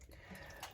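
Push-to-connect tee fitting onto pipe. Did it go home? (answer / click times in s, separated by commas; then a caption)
yes / 0.6 s. A push-to-connect plumbing tee is pushed by hand onto copper/PEX pipe, with faint handling noise throughout. A short, bright click sounds at 0.6 s as the fitting seats onto the pipe.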